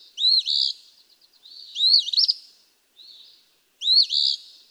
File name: Eastern Phoebe